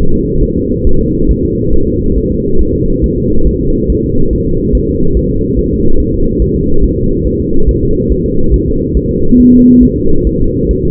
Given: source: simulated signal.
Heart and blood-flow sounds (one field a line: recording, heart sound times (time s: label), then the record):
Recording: fetal heart sounds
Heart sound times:
0.14 s: S2
0.43 s: S1
0.57 s: S2
0.87 s: S1
1.01 s: S2
1.31 s: S1
1.45 s: S2
1.74 s: S1
1.88 s: S2
2.17 s: S1
2.31 s: S2
2.61 s: S1
2.75 s: S2
3.04 s: S1
3.18 s: S2
3.47 s: S1
3.61 s: S2
3.90 s: S1
4.04 s: S2
4.33 s: S1
4.47 s: S2
4.75 s: S1
4.89 s: S2
5.17 s: S1
5.31 s: S2
5.59 s: S1
5.73 s: S2
6.00 s: S1
6.14 s: S2
6.42 s: S1
6.56 s: S2
6.84 s: S1
6.98 s: S2
7.27 s: S1
7.41 s: S2
7.69 s: S1
7.83 s: S2
8.12 s: S1
8.26 s: S2
8.54 s: S1
8.68 s: S2
8.97 s: S1
9.11 s: S2
9.40 s: S1
9.54 s: S2
9.83 s: S1
9.97 s: S2
10.27 s: S1
10.41 s: S2
10.71 s: S1
10.85 s: S2
From the record:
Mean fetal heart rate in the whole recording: 140 bpm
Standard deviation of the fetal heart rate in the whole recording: 2 bpm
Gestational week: 34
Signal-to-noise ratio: -19.1 dB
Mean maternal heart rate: 72 bpm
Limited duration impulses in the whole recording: present